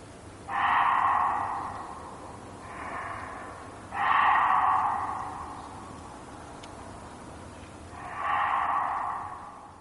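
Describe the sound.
Reeves's muntjac giving harsh, hoarse barks, four calls at uneven intervals, the second one softer, over a steady background hiss.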